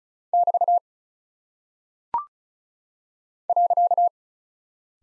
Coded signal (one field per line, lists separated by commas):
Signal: Morse code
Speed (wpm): 36 wpm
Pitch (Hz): 700 Hz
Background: none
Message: <BT> .